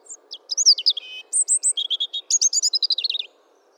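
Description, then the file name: European robin singing a rapid, varied phrase of high sliding whistles and crisp trills, about three seconds long, then falling silent, with a soft low hum beneath. "Erithacus rubecula"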